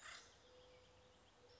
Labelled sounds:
Acorn Woodpecker (Melanerpes formicivorus)
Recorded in Sonoma County, California

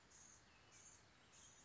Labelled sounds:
Blue-gray Gnatcatcher (Polioptila caerulea)
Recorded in Sonoma County, California

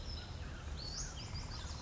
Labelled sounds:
Western Flycatcher (Empidonax difficilis)
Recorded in Sonoma County, California

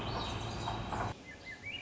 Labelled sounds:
Swainson's Thrush (Catharus ustulatus)
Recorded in Sonoma County, California

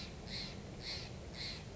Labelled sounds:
Steller's Jay (Cyanocitta stelleri)
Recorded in Sonoma County, California

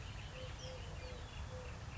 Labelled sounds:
Eurasian Collared Dove (Streptopelia decaocto)
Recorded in Sonoma County, California

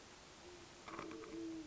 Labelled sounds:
Great Horned Owl (Bubo virginianus)
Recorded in Sonoma County, California

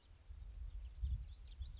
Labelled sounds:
House Finch (Haemorhous mexicanus)
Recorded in Sonoma County, California

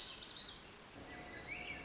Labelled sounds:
Swainson's Thrush (Catharus ustulatus)
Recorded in Sonoma County, California

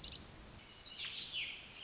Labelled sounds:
Pacific Wren (Troglodytes pacificus)
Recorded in Sonoma County, California

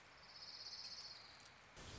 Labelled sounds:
Orange-crowned Warbler (Leiothlypis celata)
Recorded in Sonoma County, California

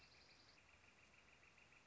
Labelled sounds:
Northern Flicker (Colaptes auratus)
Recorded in Sonoma County, California

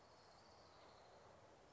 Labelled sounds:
Orange-crowned Warbler (Leiothlypis celata)
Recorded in Sonoma County, California

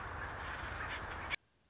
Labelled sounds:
Anna's Hummingbird (Calypte anna)
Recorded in Sonoma County, California

